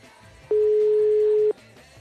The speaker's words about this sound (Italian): Ma è il mio telefono che suona, è un altro telefono.